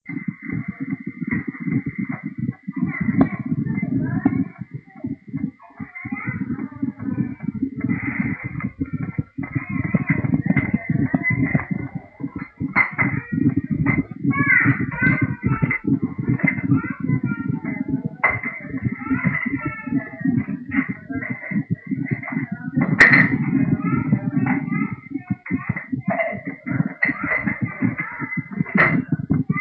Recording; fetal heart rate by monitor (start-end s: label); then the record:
fetal heart sounds by stethoscope on the mother's abdomen
0.00-10.00 s: 155 bpm
10.00-20.00 s: 150 bpm
20.00-29.61 s: 153 bpm
From the record:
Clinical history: premature rupture of membranes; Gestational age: 29 weeks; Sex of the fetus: boy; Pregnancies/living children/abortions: 1/0/0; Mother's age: 38 years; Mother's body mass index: 25.5